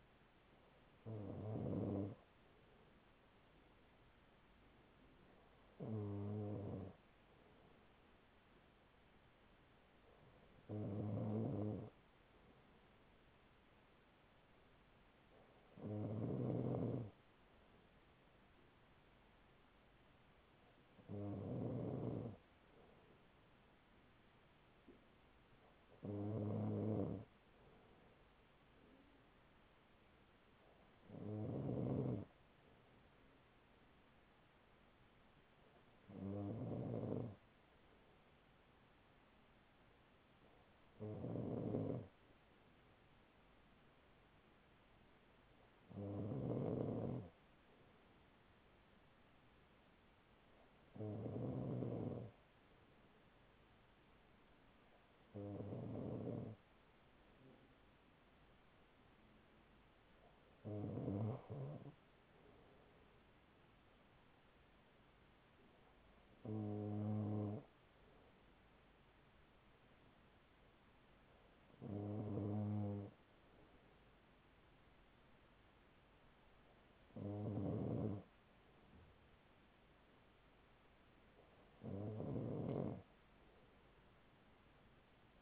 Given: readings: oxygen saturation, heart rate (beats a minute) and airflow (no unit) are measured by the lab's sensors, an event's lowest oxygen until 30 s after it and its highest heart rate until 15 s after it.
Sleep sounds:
breathing in sleep by a voice recorder at the bedside; none
none scored
From the record:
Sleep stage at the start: N2 (light sleep); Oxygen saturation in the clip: 95 to 96%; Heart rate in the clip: 40 to 44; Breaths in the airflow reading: 17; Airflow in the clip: -5.9 to 7.1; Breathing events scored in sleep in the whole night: 207 in 7.6 hours asleep

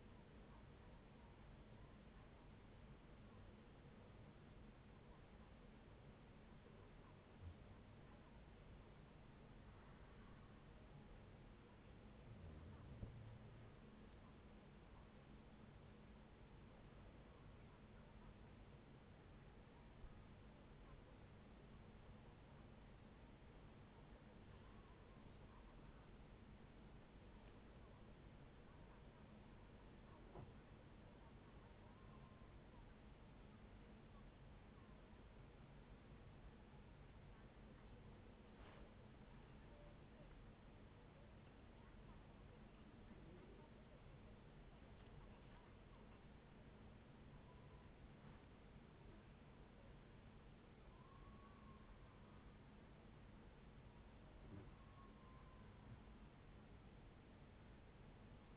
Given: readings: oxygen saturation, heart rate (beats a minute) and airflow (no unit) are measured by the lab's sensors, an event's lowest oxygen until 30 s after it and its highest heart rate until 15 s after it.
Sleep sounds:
a person awake in a sleep study, by a voice recorder at the bedside; none
0.00-58.57 s: awake
0.00-58.57 s: awake
From the record:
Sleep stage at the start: awake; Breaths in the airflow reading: 24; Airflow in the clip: -0.7 to 0.7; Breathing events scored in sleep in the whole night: 496 in 5.4 hours asleep

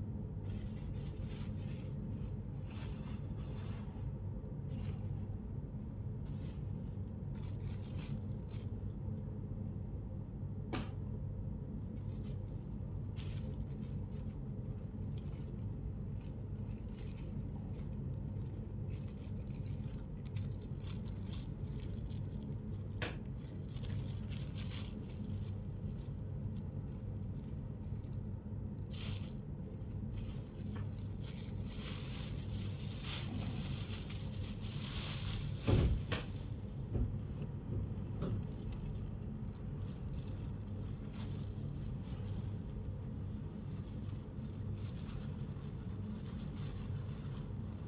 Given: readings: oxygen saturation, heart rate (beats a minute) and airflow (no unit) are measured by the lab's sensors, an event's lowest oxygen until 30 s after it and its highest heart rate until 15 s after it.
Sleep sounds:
a person awake in a sleep study, by a smartphone at the bedside; none
0.00-47.88 s: awake
From the record:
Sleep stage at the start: awake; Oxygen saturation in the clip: 96 to 97%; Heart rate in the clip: 82 to 94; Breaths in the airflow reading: 10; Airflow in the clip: -8.9 to 9.7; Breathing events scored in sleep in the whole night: 131 in 7.2 hours asleep

